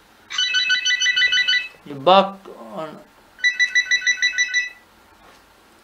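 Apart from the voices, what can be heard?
phone ringtone ringing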